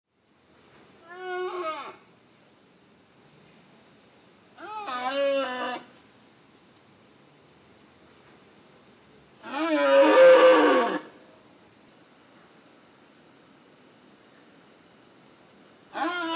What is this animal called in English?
Wapiti